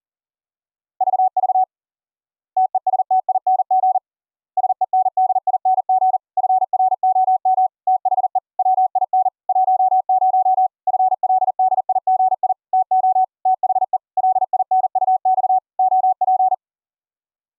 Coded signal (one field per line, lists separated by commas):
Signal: Morse code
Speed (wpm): 40 wpm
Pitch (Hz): 750 Hz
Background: none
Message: VV TESTING SENDING FROM THE WIN 10 FLDIGI TO THE LINUX OP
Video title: Windows 10 - Morse Code Audio over ip using Gstreamer, AsioBridge & VB-Audio's Hi Fi Cables(pt1)